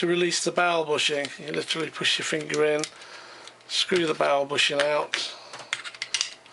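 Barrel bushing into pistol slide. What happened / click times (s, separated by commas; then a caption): Handled, not yet home: barrel bushing locks in place / none. Someone talks while reassembling a silver WE airsoft 1911 pistol by hand, turning the barrel bushing back into the metal slide. Several short, sharp clicks sound near the end, around 5.7 to 6.2 seconds. The clip ends before the bushing goes home; nothing has seated or locked yet.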